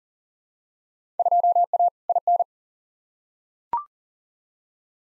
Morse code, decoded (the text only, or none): 2A IN